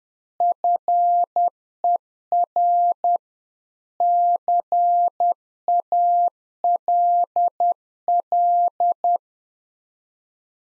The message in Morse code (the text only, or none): FER CALL